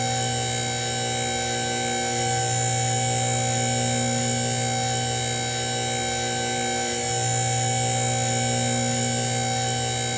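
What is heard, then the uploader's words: A hydraulic lift runs with a smooth, unchanging machine hum from start to finish. Many fixed tones sit stacked over a low drone, with a faint bright whine high above. The level stays flat, and nothing else interrupts it. The steady hum of machinery. The smooth and consistent sound of the hydraulic lift. This episode features only the natural sound of the lift, with no additional music or talking.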